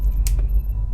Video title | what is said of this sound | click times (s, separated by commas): Eva 01 Metal Build Review Part 2 Articulation | you pop off the head set | 0.3 s